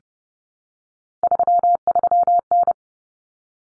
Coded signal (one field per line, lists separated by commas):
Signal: Morse code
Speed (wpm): 30 wpm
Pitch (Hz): 700 Hz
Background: none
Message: 33N